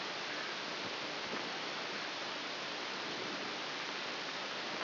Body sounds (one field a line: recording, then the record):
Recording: brain microelectrode recording played as sound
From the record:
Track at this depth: outside the subthalamic nucleus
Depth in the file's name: 4.898 mm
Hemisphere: left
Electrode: 3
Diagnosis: Parkinson's disease